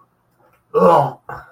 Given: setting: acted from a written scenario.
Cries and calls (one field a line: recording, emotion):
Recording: vocal sound without words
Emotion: disgust